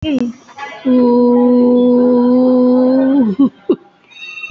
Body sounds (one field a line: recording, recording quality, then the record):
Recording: sustained vowel as in boot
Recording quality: moderate, slight background noise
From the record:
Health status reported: COVID-19 positive, mild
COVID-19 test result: positive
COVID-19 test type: RT-PCR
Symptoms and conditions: cold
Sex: female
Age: 65 years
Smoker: no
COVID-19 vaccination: both doses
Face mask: worn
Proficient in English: yes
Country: India